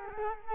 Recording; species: mosquito wingbeat signal from an infrared sensor; Culex quinquefasciatus